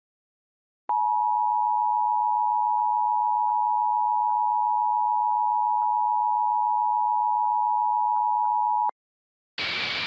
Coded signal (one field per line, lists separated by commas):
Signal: Emergency Alert System (SAME) tones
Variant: 853 and 960 Hz attention tone